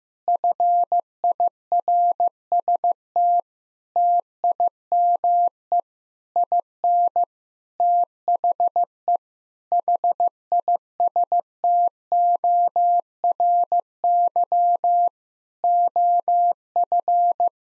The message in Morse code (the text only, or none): FIRST TIME IN THE HISTORY OF